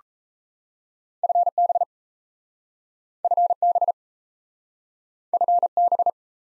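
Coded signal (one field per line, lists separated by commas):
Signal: Morse code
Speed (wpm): 38 wpm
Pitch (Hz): 700 Hz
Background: none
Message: FB FB FB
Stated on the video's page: Morse practice of common QSO elements in speed-racing format, starting fast and slowing to a 28 wpm base speed, with a final repeat at maximum speed.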